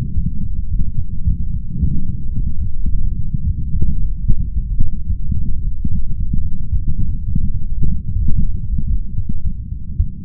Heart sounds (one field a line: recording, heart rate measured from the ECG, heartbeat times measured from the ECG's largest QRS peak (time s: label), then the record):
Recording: heart sounds by stethoscope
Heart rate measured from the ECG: 110 bpm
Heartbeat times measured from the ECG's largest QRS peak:
0.14 s: heartbeat
0.69 s: heartbeat
1.25 s: heartbeat
1.80 s: heartbeat
2.35 s: heartbeat
2.90 s: heartbeat
3.44 s: heartbeat
3.99 s: heartbeat
4.53 s: heartbeat
5.07 s: heartbeat
5.62 s: heartbeat
6.16 s: heartbeat
6.70 s: heartbeat
7.25 s: heartbeat
7.79 s: heartbeat
8.34 s: heartbeat
8.88 s: heartbeat
9.43 s: heartbeat
9.98 s: heartbeat
From the record:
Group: healthy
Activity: light exercise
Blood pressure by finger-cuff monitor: 174/131 mmHg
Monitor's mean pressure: 145 mmHg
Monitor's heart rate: 109 bpm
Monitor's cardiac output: 4.4 L/min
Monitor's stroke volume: 40 mL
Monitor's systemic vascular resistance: 2490 dyn s/cm5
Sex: male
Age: 55 years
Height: 167 cm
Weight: 57.2 kg